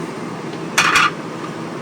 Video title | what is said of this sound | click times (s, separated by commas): RV Lighting Upgrade Daylight LED | cover it's got this great little clicker thing clear piece is on especially | 0.8 s